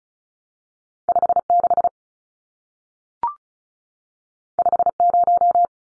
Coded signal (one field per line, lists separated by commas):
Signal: Morse code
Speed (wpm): 36 wpm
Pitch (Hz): 700 Hz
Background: none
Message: 56 50